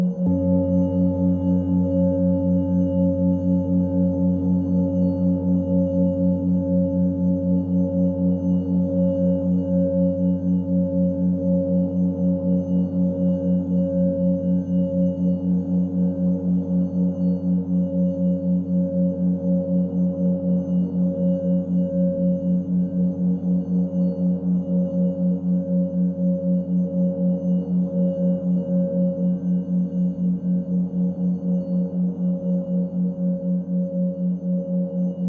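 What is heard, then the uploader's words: Tibetan singing bowls hum in a steady, sustained drone, with several low tones layered together and a clear ringing tone above them. The sound pulses gently and evenly throughout, a slow wavering beat that never stops or changes over the whole stretch. F# Heart Chakra Singing Bowls with 4hz Binaural Beat. Tibetan Singing bowls with a 4hz binaural beat.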